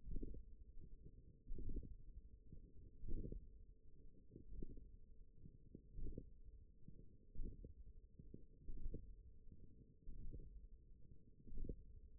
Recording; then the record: forearm muscle sounds (acoustic myography)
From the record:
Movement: radial deviation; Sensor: system 1, eight BSWA MPA416 microphones around the upper forearm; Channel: 1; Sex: female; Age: 20 years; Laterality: right